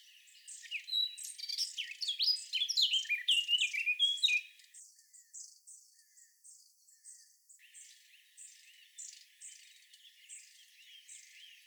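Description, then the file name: Eurasian blackcap giving a rich, rapid warbling phrase of high scratchy and sweet notes for about four seconds, followed by softer, scattered chirps until the end. "Sylvia atricapilla"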